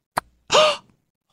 Those are baby hiccups live on air. He's got the littlest hiccups.